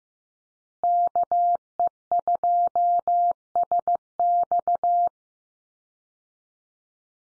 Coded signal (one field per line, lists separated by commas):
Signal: Morse code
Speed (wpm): 15 wpm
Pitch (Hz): 700 Hz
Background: none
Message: KE2SX